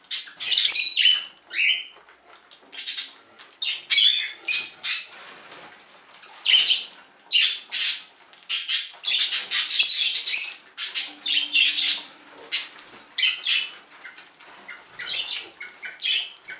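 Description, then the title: Budgerigar chattering calls, bursts of harsh, scratchy squawks and chirps in irregular clusters separated by short gaps. "Budgie Sounds"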